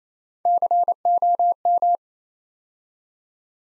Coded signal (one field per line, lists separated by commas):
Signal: Morse code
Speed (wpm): 29 wpm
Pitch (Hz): 700 Hz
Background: none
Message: COM